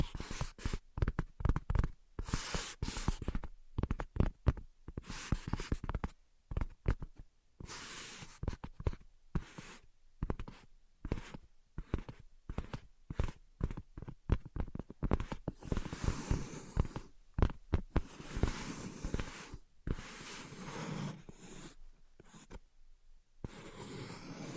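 Invisible tapping and scratching: quick, irregular taps and scraping strokes come in dense bursts separated by short silences. The sounds are crisp and bright, with a busier stretch of scratching in the middle and near the end, and a soft steady hum underneath.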